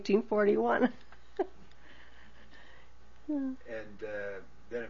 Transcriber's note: she laughs